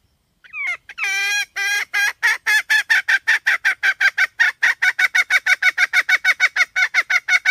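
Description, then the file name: Red junglefowl hen opening with stretched, rising squawks, then keeping up a long, rapid, regular string of harsh clucks. "tieng ga mai rung"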